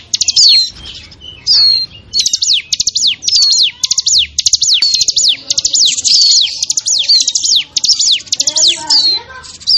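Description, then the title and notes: Bar-winged prinia calls: a quick, high chatter of downward-sweeping notes in repeated bursts, with a faint lower warble near the end. Lure recording of noisy small-bird calls used to attract wild birds; local name ciblek. "Suara Pikat Burcil Ribut. Burung Liar. ciblek"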